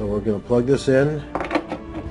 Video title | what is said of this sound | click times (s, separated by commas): Alzatex Jugs Radar Gun | push it down until it snaps | 1.7 s